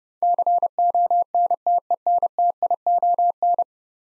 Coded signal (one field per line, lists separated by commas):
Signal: Morse code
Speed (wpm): 31 wpm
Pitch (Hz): 700 Hz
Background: none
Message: CONTENTION